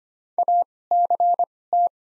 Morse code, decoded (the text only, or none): ACT